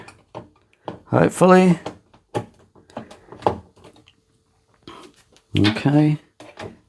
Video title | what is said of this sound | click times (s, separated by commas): How I Fixed My Bosch i-DOS Dispenser | And clicks in. You hear the click. | 6.6 s